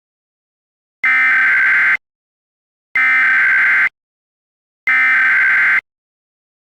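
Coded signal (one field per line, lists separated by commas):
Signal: Emergency Alert System (SAME) tones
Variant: header bursts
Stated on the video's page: Mock EAS alert break-ins, not a real broadcast.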